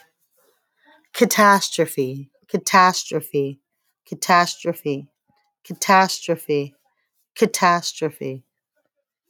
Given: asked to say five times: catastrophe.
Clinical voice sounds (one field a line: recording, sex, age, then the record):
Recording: repeated word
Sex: female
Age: 40 to 49 years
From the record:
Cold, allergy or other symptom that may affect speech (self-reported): no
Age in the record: 42 years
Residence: Pennsylvania, United States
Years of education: 12